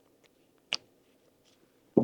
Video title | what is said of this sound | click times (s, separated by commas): Hard Head Veterans Helmet Setup Guide | it's just going to snap right into place | 0.7 s